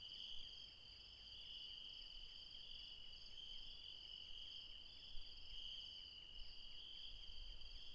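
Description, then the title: Insects chirp in a steady, dense night chorus, a shrill band of trilling with faint ticking pulses underneath and a soft low rumble throughout. Late night in the mountains at Refuge Krevatia, Barbala, near Dion, Greece. "Refuge Krevatia, Μπαρμπαλά, Dion 601 00, Greece - Late night mountain insects"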